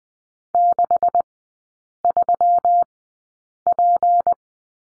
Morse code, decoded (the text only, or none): 63P